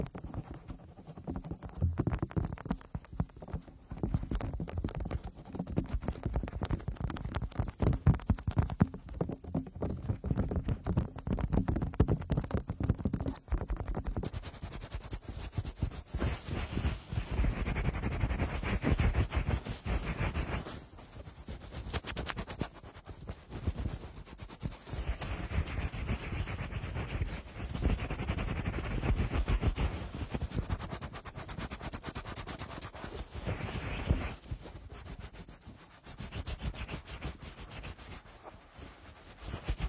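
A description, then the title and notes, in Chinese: Fast, fluffy rubbing against the ears makes a dense stream of soft thumps and muffled scratches, heavy in the low end. After about 14 seconds it turns brighter and hissier, with stronger scratchy bursts around 16–20, 25–29 and 34 seconds. 毛茸茸 快速按摩双耳。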